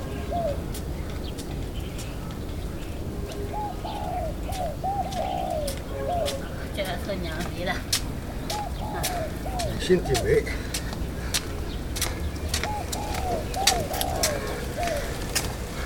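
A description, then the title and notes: Palm fronds flap and rattle in the wind, sharp dry slaps arriving irregularly over a steady low wind rumble. Doves coo in repeated soft phrases, most often between about four and fourteen seconds, with a few brighter chirps mixed in. Palm frond wind flap. Birds.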